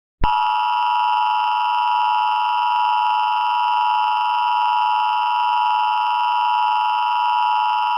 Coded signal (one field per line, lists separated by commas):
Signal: Emergency Alert System (SAME) tones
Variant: 853 and 960 Hz attention tone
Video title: The Great War - A WW3 EAS Scenario